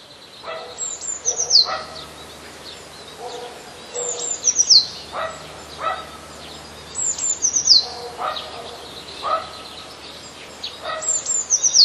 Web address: wroblowe teka spiew 11. wroblowe teka modraszkoteka